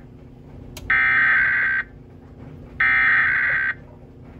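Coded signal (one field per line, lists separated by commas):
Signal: Emergency Alert System (SAME) tones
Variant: header bursts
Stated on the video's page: Required monthly test for Texas, issued by a radio station.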